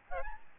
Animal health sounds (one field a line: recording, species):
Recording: mosquito wingbeat signal from an infrared sensor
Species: Aedes albopictus